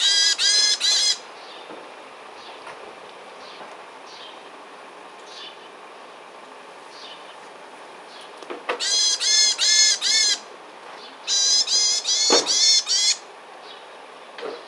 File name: Parus varius